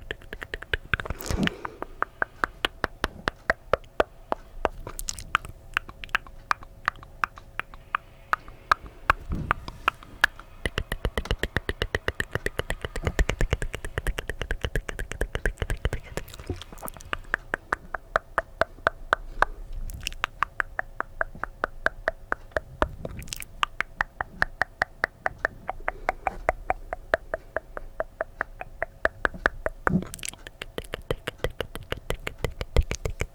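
Dry mouth sounds without talking: dense, rapid clicks and smacks continue throughout, with occasional louder pops and a faint low hum.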